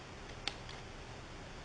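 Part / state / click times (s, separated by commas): snap ring into its groove or seat / not seated / none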